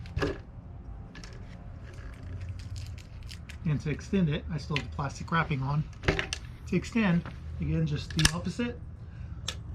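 Someone talks while the folding stem of an Unagi e-scooter, still in its plastic wrapping, is handled and extended toward its locked position, with a few faint taps and handling noises. The metal/plastic stem latch has not snapped in or seated yet when the clip ends.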